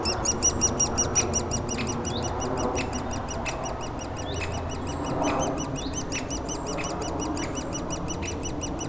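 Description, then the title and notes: Woodpecker nestlings chirp rapidly and steadily in high squeaks, joined by scattered sharp clicks and a low rumble. Nestlings in a cavity at the foot of a dead tree trunk, squawking continuously as light aircraft and airliners fly over; Bois Saint-Martin near Lognes aerodrome, Noisy-le-Grand, France. Recorded with a DR-40X. "Bois Saint-Martin RH9V+J6 Noisy-le-Grand, France - Oisillons et gros "volatiles" bruyants. Au pied d'un tronc d'arbre mort, les oisillons d'un pic dans leur cavité piaillent continuellement alors que des avions survolent la zone"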